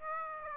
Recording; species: mosquito wingbeat signal from an infrared sensor; Aedes aegypti